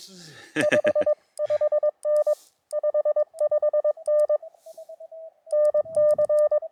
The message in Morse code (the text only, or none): 55N 55N NC